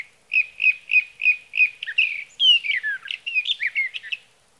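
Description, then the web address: Sage thrasher song: a run of several similar short notes, then a fast, continuous warbled jumble of high sweet phrases and slurred whistles. "birdsongforthecurious songs Sage Thrasher"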